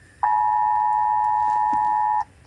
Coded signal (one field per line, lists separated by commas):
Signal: Emergency Alert System (SAME) tones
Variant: 853 and 960 Hz attention tone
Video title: Fixing American EAS Alarm